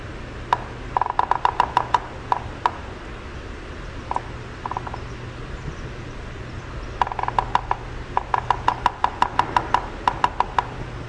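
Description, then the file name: Red-breasted sapsucker drumming: bursts of sharp knocks in several irregular bouts with quieter gaps between, over steady background noise. "RBSA drumming"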